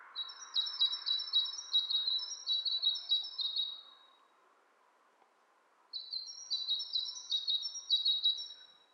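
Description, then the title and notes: Bird chatter: two bursts of quick, high, rattling notes, split by a short silence. Two birds interacting; lo-fi recording. "bird dialogs. lo-fi recording of two birds interacting"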